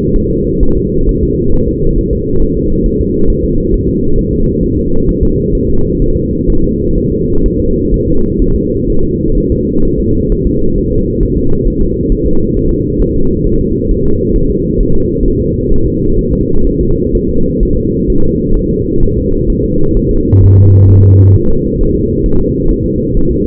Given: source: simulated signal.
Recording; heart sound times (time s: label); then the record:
fetal heart sounds
0.16 s: S1
0.31 s: S2
0.63 s: S1
0.77 s: S2
1.09 s: S1
1.23 s: S2
1.54 s: S1
1.68 s: S2
1.98 s: S1
2.13 s: S2
2.42 s: S1
2.57 s: S2
2.86 s: S1
3.01 s: S2
3.30 s: S1
3.44 s: S2
3.74 s: S1
3.88 s: S2
4.19 s: S1
4.33 s: S2
4.63 s: S1
4.78 s: S2
5.09 s: S1
5.23 s: S2
5.55 s: S1
5.69 s: S2
6.02 s: S1
6.16 s: S2
6.50 s: S1
6.64 s: S2
6.98 s: S1
7.12 s: S2
7.46 s: S1
7.60 s: S2
7.94 s: S1
8.08 s: S2
8.42 s: S1
8.56 s: S2
8.90 s: S1
9.04 s: S2
9.38 s: S1
9.52 s: S2
9.85 s: S1
10.00 s: S2
10.32 s: S1
10.46 s: S2
10.78 s: S1
10.92 s: S2
11.23 s: S1
11.38 s: S2
11.68 s: S1
11.82 s: S2
12.12 s: S1
12.26 s: S2
12.57 s: S1
12.71 s: S2
13.02 s: S1
13.16 s: S2
13.47 s: S1
13.61 s: S2
13.91 s: S1
14.06 s: S2
14.36 s: S1
14.50 s: S2
14.81 s: S1
14.95 s: S2
15.26 s: S1
15.40 s: S2
15.72 s: S1
15.86 s: S2
16.19 s: S1
16.33 s: S2
16.67 s: S1
16.81 s: S2
17.15 s: S1
17.29 s: S2
17.63 s: S1
17.77 s: S2
18.10 s: S1
18.24 s: S2
18.57 s: S1
18.71 s: S2
19.03 s: S1
19.17 s: S2
19.50 s: S1
19.64 s: S2
19.97 s: S1
20.11 s: S2
20.44 s: S1
20.58 s: S2
20.90 s: S1
21.04 s: S2
21.36 s: S1
21.50 s: S2
21.81 s: S1
21.95 s: S2
22.26 s: S1
22.40 s: S2
22.71 s: S1
22.86 s: S2
23.17 s: S1
23.31 s: S2
From the record:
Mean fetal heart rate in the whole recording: 130 bpm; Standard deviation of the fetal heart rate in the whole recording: 4 bpm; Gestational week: 38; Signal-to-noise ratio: -17.7 dB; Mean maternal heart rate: 72 bpm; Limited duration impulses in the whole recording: present